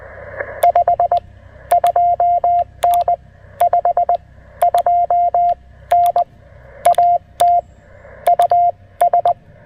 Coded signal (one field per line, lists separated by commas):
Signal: Morse code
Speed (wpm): 19 wpm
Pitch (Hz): 690 Hz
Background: none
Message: 52N 52N AT US